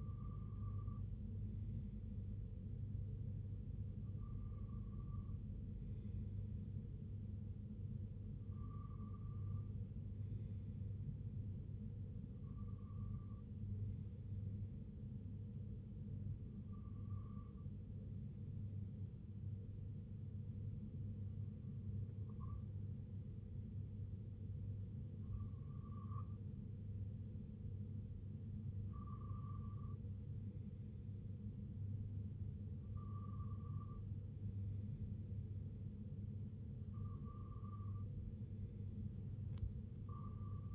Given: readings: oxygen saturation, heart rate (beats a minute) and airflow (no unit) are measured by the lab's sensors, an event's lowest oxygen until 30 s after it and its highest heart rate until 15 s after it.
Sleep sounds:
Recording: breathing in sleep by a smartphone at the bedside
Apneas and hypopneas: 1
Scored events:
6.00-27.10 s: hypopnea (N2, oxygen 95% highest, then 94% lowest, heart rate 68 at the start, 71 highest)
34.00-40.75 s: new sleep stage, N1 (lightest sleep)
From the record:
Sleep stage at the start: N2 (light sleep)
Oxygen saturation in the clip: 94 to 95%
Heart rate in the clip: 65 to 71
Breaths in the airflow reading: 10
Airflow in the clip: -5.3 to 3.8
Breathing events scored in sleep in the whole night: 258 in 7.4 hours asleep

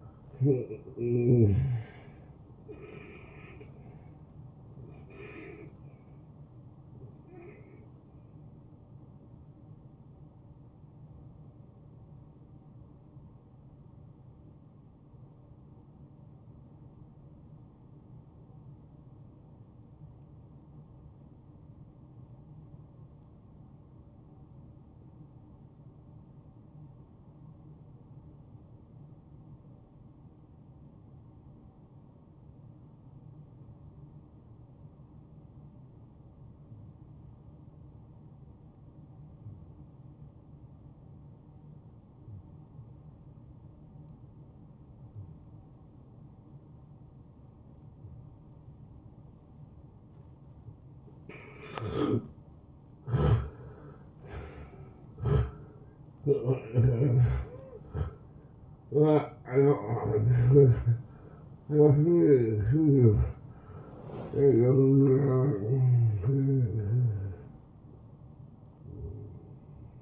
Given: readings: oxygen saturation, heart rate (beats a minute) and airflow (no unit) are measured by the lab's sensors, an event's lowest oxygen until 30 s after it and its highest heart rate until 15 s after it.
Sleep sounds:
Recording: breathing in sleep by a smartphone at the bedside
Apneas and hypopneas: 1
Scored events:
7.00-37.00 s: new sleep stage, N1 (lightest sleep)
15.00-51.90 s: obstructive apnea (N1, oxygen 94% highest, then 82% lowest)
37.00-67.00 s: new sleep stage, N2 (light sleep)
67.00-70.02 s: new sleep stage, N1 (lightest sleep)
From the record:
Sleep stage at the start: N2 (light sleep)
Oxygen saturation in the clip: 81 to 94%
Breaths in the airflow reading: 8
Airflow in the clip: -14.6 to 8.5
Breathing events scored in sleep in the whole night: 263 in 5.5 hours asleep

